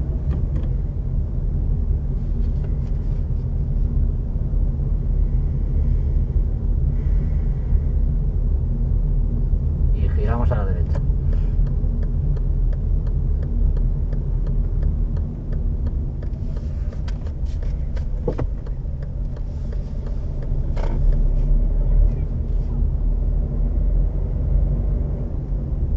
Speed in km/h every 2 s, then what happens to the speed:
18, 18, 20, 19, 20, 20, 19, 19, 12, 9, 13, 21, 23.
0-14 steady at about 19. 14-19 slows to 9. 19-26 speeds up to 23.